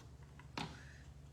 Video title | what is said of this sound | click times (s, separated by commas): DIY Witch Owl Shelf Sitter: Halloween Wood Craft Assembly | Hold on. There we go. They just snap in place. | 0.6 s